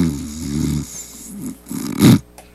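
A man snores loudly with deep, rattling low rumbles that rise and fall over a couple of breaths, ending in a harsh, sputtering snort.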